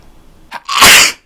Sneeze.